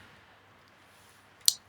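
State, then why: Seated. The socket of a replacement heater unit is pressed into the back of a Beko tumble dryer. After a quiet stretch, a single sharp, bright click at 1.5 s signals that the socket has seated home.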